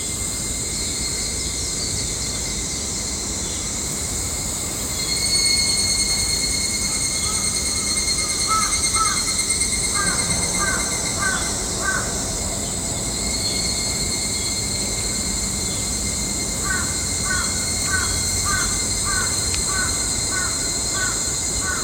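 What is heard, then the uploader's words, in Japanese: Bird calls come back in short runs of quick, repeated chirps, first around 8 to 12 seconds and again from about 16 seconds to the end. Underneath is a constant low rumble, a bit louder after five seconds, with a steady high whine above. Humming Bird。朝に聴こえる44秒の ハミングバードの世界。少しずつ鳥さんの鳴き声も戻ってきました。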